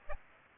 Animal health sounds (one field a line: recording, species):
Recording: mosquito wingbeat signal from an infrared sensor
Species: Aedes aegypti